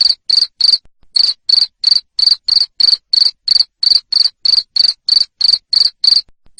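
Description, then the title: Loud cricket chirping: high, crisp pulses in quick regular succession, with a short pause just before the one-second mark. Loud cricket chirping played to stimulate lovebirds to keep singing. "Suara JANGKRIK NGERIK Keras Bikin LOVEBIRD Jadi NGEKEK Terus"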